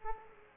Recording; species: mosquito wingbeat signal from an infrared sensor; Aedes aegypti